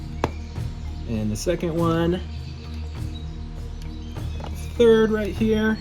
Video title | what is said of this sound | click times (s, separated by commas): ULTIMATE Jurassic World Fallen Kingdom, Dominion Dinosaur Collection! NEW TREX, I REX, Raptors Haul | click this first one in, | 0.2 s